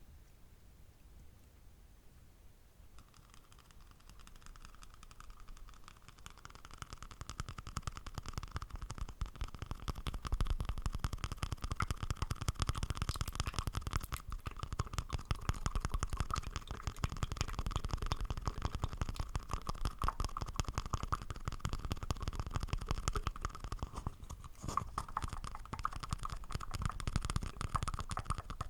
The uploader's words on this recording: ASMR WITH BAD SLIME & GOOD SLIME Popping & Crunching For TingleSss.